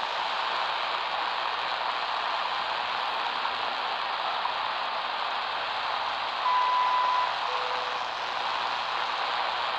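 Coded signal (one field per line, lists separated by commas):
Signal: radio time signal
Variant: WWV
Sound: loud static hiss, one long high beep, then a lower steady tone begins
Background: radio static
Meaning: The 0.8-second 1000 Hz tone marks the start of a new minute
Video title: WWV time signal on Panasonic RF-B45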